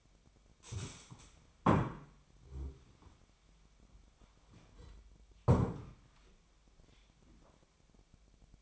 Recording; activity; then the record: daily activity, microphone in the room; stand up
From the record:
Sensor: 1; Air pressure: 1007.9 hPa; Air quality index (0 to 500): 192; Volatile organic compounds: 17 ppm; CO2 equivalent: 2598 ppm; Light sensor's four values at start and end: 13/32/13/14 and 13/32/13/14